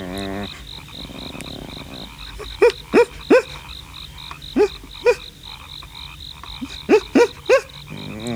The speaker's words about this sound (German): Seine Lefzen zuckten, seine Augen waren nicht ganz geschlossen und genüsslich nach oben gedreht, sodass man das Weiße sehen konnte. Er bellte merkwürdig hell und knurrte dumpf.